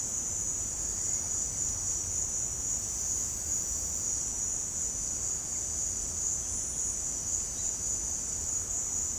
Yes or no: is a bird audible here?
no